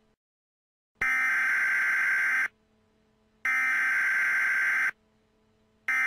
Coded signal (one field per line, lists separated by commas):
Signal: Emergency Alert System (SAME) tones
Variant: header bursts